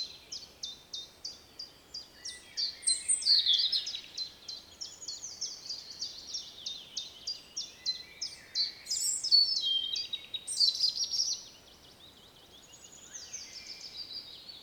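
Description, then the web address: European robin singing high sweet warbles over a long train of fast, thin ticks, ending with a quieter stretch. "SETE data Erithacus rubecula"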